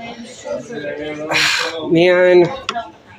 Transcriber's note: exhales